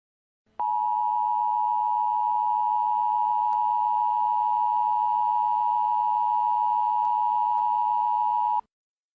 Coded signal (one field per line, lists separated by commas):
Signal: Emergency Alert System (SAME) tones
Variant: 853 and 960 Hz attention tone